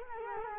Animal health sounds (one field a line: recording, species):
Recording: mosquito wingbeat signal from an infrared sensor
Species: Culex quinquefasciatus